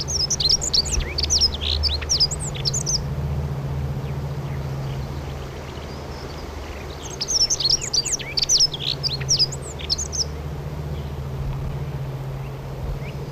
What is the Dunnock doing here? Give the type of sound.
song